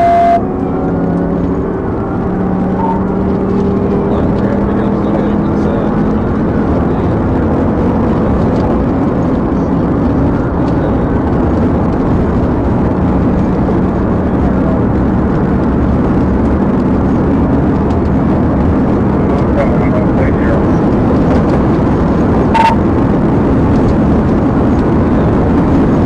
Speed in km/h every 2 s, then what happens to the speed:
129, 138, 150, 163, 164, 169, 175, 184, 185, 188, 195, 198, 198.
0-26 speeds up to 198.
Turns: none.